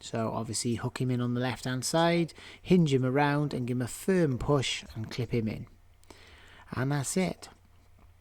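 Someone talks while the plastic pollen/cabin filter cover on a 2012-on Ford Transit Custom is fitted back into its housing behind the glovebox: it is hooked in on the left-hand side, swung round and given a firm push. The filter is being replaced because a clogged one is the most common reason for windows misting up. Nothing has seated or clicked yet.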